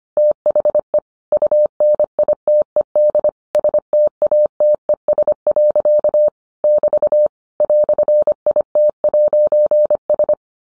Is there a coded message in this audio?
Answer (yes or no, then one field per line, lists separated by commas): yes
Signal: Morse code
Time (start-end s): 0.2-10.3 s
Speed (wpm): 25 wpm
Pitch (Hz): 600 Hz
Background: none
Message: THE UNITED STATES. <BT> "IT'S